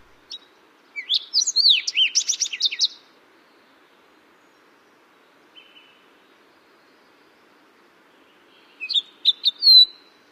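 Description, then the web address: Fox sparrow singing a bright, varied phrase of clear whistled slurs and quick sweet notes, then a faint single note, then a shorter second phrase near the end. "Songs of Birds of North America Know Your Bird Sounds Common Western Species. Fox Sparrow"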